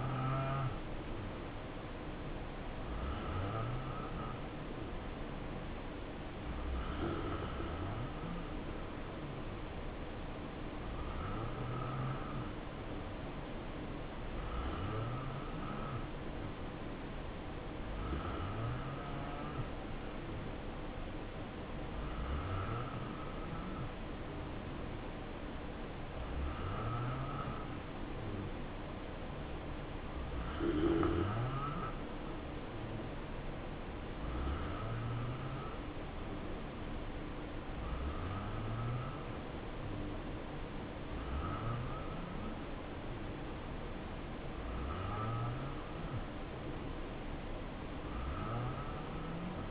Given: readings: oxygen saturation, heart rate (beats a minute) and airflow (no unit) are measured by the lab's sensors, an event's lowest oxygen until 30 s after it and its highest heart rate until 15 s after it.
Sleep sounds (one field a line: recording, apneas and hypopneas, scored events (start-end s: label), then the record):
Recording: breathing in sleep by a voice recorder at the bedside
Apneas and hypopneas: none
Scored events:
none scored
From the record:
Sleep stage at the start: N2 (light sleep)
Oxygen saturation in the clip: 87 to 90%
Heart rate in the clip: 63 to 71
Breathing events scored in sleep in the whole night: 277 in 7.4 hours asleep